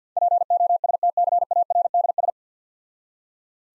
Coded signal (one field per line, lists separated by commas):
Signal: Morse code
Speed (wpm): 50 wpm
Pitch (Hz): 700 Hz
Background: none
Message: POSTCARDS